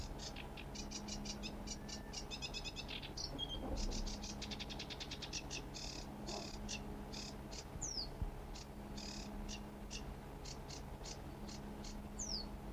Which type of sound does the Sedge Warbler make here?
song